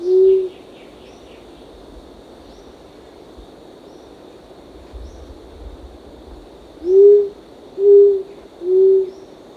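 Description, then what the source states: Short-toed coucal giving low, hollow hoots: one single hoot, a long pause, then three more evenly spaced about a second apart, over a steady background hiss. Recorded 1 April 2006.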